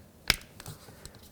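On a 1997–2001 Lexus ES300, during an interior door handle replacement, the window switch wiring connector is pushed into the door window switch. A single sharp snap at 0.3 s is followed by a few faint ticks. The connector clicks in and is seated.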